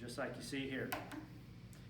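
Someone talks while an air-powered cleaning rod from a VIPRE Clean Sweep system is handled at the end of a compressed air hose coupling, about to be snapped onto it. The clip ends before the rod goes home, so nothing has seated or clicked yet.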